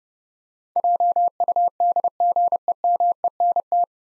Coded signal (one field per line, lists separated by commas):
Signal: Morse code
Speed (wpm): 30 wpm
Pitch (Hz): 700 Hz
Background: none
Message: JUDGEMENT